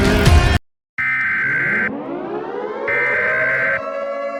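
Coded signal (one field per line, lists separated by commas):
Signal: Emergency Alert System (SAME) tones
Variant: header bursts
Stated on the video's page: Fictional alert scenario made for entertainment, containing valid alert tones.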